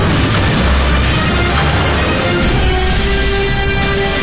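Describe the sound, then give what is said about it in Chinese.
Steady, dense cannon fire on the Yangtze River in an exchange between the Chinese People's Liberation Army and the British warship Amethyst, with heavy low booms running together into a continuous loud rumble, faint sharper cracks poking through at irregular intervals, and no voices. “长江上响起了炮声，紫石英号在逃离中搁浅”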